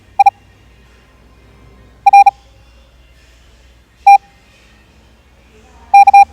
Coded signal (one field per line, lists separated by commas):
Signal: Morse code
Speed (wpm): 36 wpm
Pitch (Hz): 800 Hz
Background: none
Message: I R T K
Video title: 18 wpm morse code practice